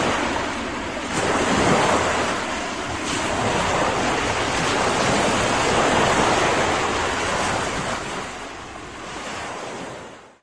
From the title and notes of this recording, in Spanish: Olas de mar. 32 bits.